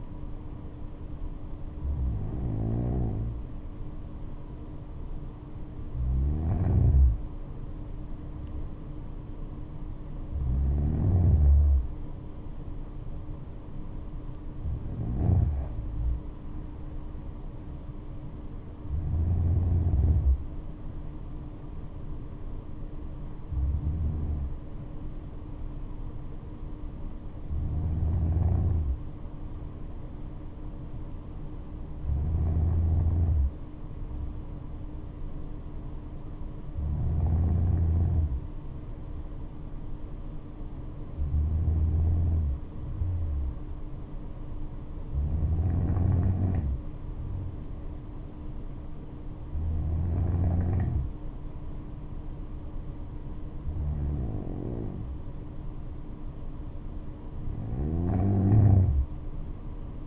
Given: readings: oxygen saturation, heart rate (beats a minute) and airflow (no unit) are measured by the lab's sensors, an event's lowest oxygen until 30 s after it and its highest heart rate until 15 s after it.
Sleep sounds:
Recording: breathing in sleep by a smartphone at the bedside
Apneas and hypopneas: 1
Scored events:
25.00-53.30 s: hypopnea (N2, oxygen 95% highest, then 92% lowest, heart rate 71 at the start, 76 highest)
From the record:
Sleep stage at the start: N2 (light sleep)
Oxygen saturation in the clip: 93 to 95%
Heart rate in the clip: 62 to 73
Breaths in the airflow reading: 14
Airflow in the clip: -6.8 to 8.5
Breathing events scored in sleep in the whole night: 228 in 5.4 hours asleep

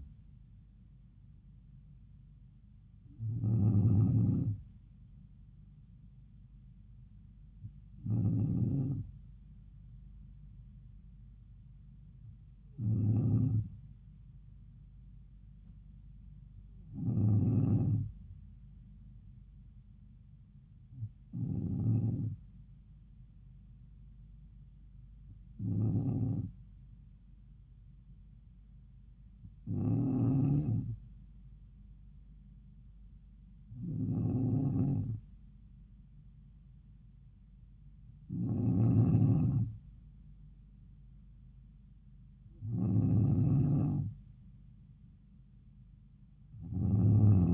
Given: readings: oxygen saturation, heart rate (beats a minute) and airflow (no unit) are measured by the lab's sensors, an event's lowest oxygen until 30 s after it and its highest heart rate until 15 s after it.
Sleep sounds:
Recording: breathing in sleep by a smartphone at the bedside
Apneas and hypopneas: none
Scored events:
none scored
From the record:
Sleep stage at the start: N2 (light sleep)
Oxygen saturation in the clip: 92 to 95%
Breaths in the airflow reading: 10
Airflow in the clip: -3.7 to 4.2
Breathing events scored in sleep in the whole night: 270 in 6.1 hours asleep

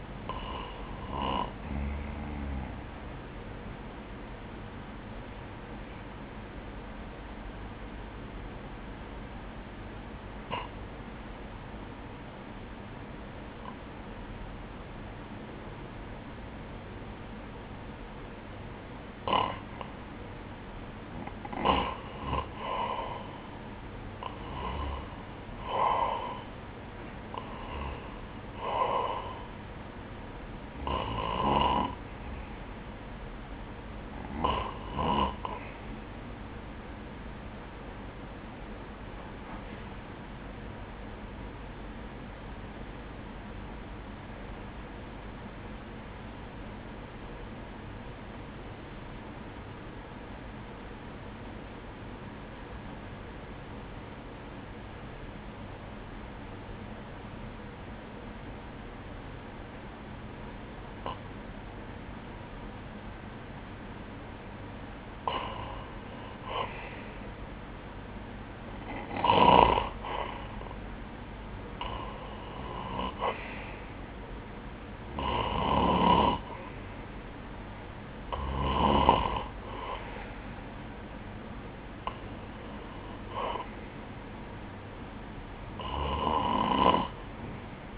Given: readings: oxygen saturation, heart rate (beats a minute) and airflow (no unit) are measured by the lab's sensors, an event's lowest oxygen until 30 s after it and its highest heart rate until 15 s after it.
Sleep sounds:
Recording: breathing in sleep by a voice recorder at the bedside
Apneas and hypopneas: 2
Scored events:
6.00-22.90 s: hypopnea (N2, oxygen 94% highest, then 91% lowest, heart rate 64 at the start, 75 highest)
38.00-66.30 s: hypopnea (N2, oxygen 95% highest, then 87% lowest, heart rate 65 at the start, 73 highest)
60.00-87.98 s: new sleep stage, REM sleep
From the record:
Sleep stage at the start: N2 (light sleep)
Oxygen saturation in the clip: 87 to 95%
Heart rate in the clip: 56 to 78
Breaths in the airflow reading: 13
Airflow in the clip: -16.4 to 7.8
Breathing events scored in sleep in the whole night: 180 in 6.7 hours asleep

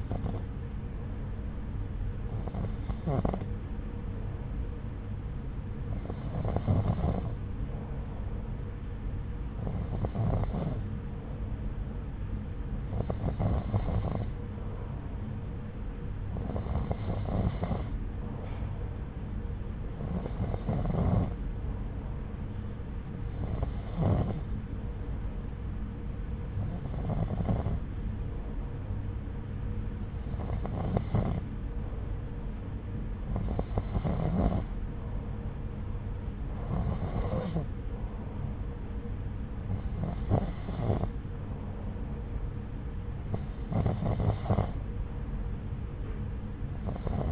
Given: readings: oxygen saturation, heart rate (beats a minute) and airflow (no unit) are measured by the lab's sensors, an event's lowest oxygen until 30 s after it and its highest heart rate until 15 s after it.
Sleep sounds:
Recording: breathing in sleep by a smartphone at the bedside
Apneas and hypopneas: none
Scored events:
none scored
From the record:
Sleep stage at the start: N2 (light sleep)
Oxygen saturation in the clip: 90 to 92%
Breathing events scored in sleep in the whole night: 303 in 8.1 hours asleep

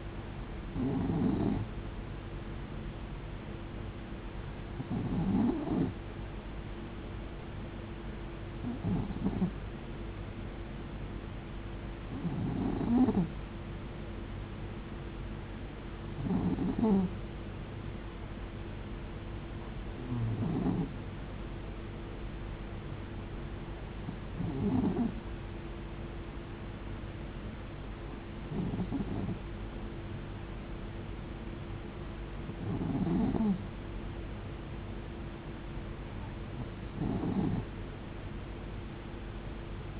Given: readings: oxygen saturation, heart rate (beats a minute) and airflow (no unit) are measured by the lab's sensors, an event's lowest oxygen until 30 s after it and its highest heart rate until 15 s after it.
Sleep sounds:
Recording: breathing in sleep by a voice recorder at the bedside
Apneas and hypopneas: none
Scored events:
none scored
From the record:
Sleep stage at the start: N2 (light sleep)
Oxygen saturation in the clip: 91 to 92%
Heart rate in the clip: 65 to 69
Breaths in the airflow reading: 10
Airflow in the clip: -6.1 to 5.3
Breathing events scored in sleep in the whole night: 389 in 6.3 hours asleep

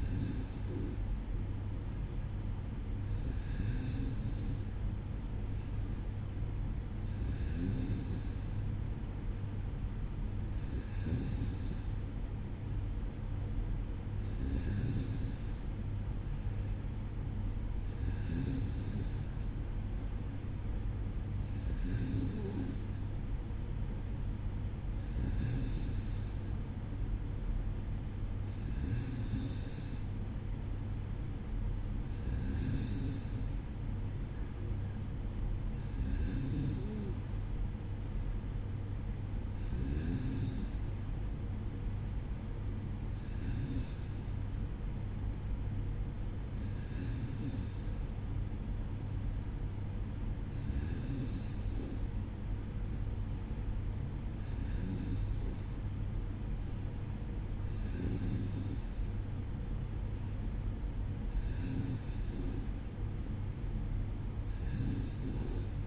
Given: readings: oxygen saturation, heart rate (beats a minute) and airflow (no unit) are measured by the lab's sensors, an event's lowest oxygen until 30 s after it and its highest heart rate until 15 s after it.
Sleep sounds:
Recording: breathing in sleep by a smartphone at the bedside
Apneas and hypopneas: none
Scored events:
none scored
From the record:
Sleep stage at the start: N2 (light sleep)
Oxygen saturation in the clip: 94%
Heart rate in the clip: 54 to 57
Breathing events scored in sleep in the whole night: 305 in 9.6 hours asleep

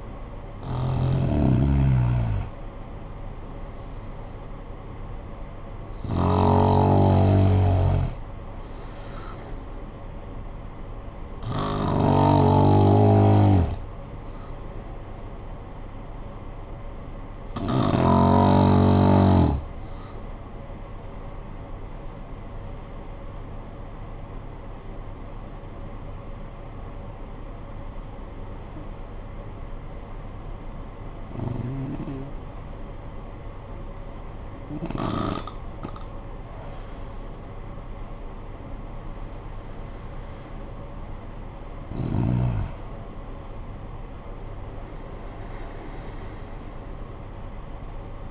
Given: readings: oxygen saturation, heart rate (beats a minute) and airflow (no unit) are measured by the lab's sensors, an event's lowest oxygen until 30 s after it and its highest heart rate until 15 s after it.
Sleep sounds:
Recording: breathing in sleep by a smartphone at the bedside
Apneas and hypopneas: 1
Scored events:
25.00-35.50 s: obstructive apnea (REM, oxygen 96% highest, then 86% lowest, heart rate 54 at the start, 76 highest)
From the record:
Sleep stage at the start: REM sleep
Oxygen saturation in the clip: 74 to 96%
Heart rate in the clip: 50 to 76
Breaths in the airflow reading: 7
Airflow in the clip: -14.8 to 18.7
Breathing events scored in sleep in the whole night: 445 in 7.6 hours asleep

